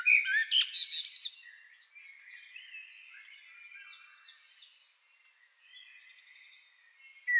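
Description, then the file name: Common blackbird singing: a short rich whistled phrase, then a long run of soft, high, scratchy twitters, with a new loud phrase starting at the end. "Turdus merula"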